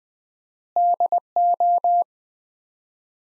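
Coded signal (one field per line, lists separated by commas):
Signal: Morse code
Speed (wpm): 20 wpm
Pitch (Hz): 700 Hz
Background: none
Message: DO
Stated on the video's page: Morse practice of three-word sets at 20wpm with 4x word spacing, a Farnsworth-like method applied to words.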